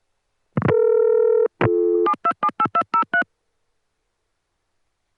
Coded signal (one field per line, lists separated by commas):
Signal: DTMF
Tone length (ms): 70 ms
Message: 7278203